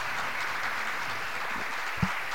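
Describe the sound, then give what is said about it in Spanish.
A crowd applauds at the close of a radio show's season on Radio Nauta, in a steady, dense wash of clapping that holds an even level throughout, with a single brief low thump near the end and no voices. “Después de los aplausos.”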